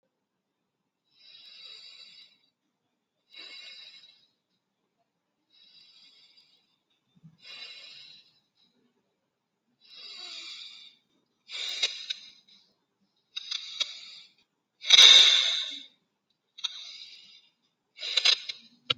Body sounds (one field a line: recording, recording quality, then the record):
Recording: deep breathing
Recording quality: excellent, no background noise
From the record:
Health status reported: healthy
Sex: male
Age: 33 years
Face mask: not worn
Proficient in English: yes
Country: India